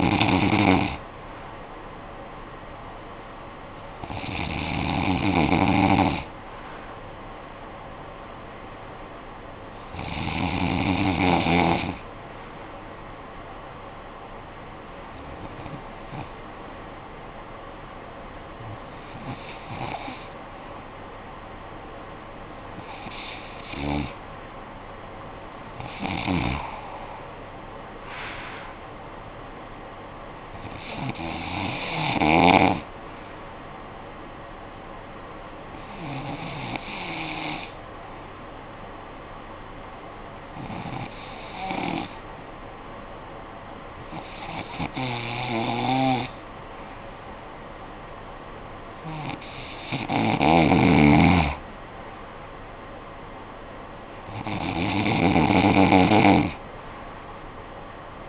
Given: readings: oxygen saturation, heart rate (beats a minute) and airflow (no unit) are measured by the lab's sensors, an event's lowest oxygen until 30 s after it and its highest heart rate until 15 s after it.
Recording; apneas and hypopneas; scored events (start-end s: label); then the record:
breathing in sleep by a voice recorder at the bedside; 2
8.00-23.50 s: hypopnea (N2, oxygen 95% highest, then 93% lowest, heart rate 56 at the start, 65 highest)
35.00-52.90 s: hypopnea (N2, oxygen 94% highest, then 90% lowest, heart rate 59 at the start, 63 highest)
From the record:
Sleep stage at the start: N2 (light sleep); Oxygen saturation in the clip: 90 to 95%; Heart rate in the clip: 53 to 69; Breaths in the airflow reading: 13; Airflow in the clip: -11.3 to 9.1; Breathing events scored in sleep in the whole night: 445 in 7.6 hours asleep